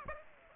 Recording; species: mosquito wingbeat signal from an infrared sensor; Aedes aegypti